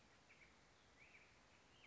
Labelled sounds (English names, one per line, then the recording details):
Black-headed Grosbeak
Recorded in Sonoma County, California